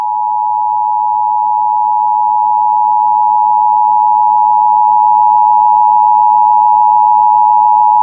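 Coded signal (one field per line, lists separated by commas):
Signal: Emergency Alert System (SAME) tones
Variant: 853 and 960 Hz attention tone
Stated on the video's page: Real Amber Alert EAS activation relayed over AM talk radio, FM country radio, a TV station and NOAA Weather Radio.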